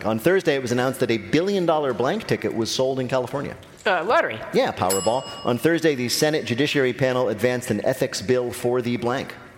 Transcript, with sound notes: On Thursday, it was announced that a billion-dollar blank ticket was sold in California.
Lottery.
Yeah, Powerball.
(SOUNDBITE OF BELL)
On Thursday, the Senate Judiciary panel advanced an ethics bill for the blank.